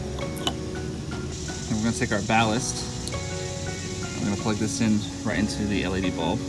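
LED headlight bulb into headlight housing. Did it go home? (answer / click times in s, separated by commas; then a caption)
yes / 0.5 s. An LED headlight bulb for a 2004–2008 Ford F150 is lined up by its large tab and twisted into the plastic headlight housing, seating with a sharp, short click at 0.5 s. Someone talks over background music for the rest of the clip, with another brief sharp tap near 3.1 s.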